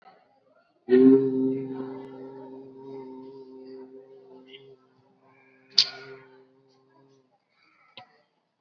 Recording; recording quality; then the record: sustained vowel as in boot; moderate, slight background noise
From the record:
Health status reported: COVID-19 positive, mild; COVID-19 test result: positive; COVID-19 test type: RT-PCR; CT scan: not taken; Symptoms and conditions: cough, fever, fatigue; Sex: male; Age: 18 years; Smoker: no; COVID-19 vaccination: both doses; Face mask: worn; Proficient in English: yes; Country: India